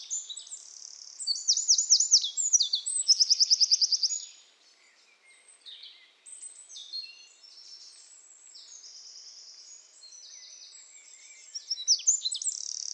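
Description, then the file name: Eurasian wren song, a vigorous high-pitched trilling phrase with fast rattles, then quieter twittering and a second phrase starting near the end. "Troglodytes troglodytes"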